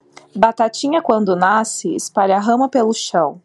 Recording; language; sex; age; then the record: short text; Brazilian Portuguese; female; 30 to 39 years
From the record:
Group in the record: control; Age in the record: 33 years